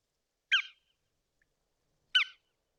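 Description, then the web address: Bar-tailed godwit: two separate short, nasal, slightly buzzy notes about one and a half seconds apart, with silence between them. "sound Bar-tailed-Godwit. صدای-گیلانشاه-حنایی"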